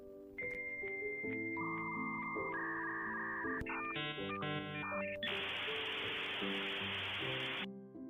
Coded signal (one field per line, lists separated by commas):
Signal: dial-up modem handshake